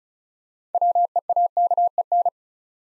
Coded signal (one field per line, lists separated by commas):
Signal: Morse code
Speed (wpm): 36 wpm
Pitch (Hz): 700 Hz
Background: none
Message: WEAKEN